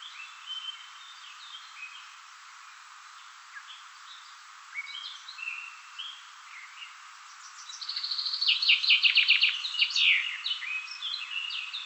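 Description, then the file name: Common chaffinch song: a loud, fast descending trill of repeated notes ending in a sharp flourish near the end, after softer twittering from other birds. "Fringilla coelebs"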